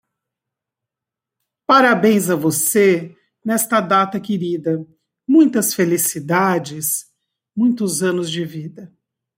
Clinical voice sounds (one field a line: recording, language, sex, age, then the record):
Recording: short text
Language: Brazilian Portuguese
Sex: female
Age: 50 to 59 years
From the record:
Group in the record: control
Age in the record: 59 years